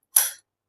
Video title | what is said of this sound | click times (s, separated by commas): Best Panasonic Compatible Remote 2026 - Panasonic TV Remote Review - Build Quality, Range & Price | okay, अब ये lock हो गया। | 0.2 s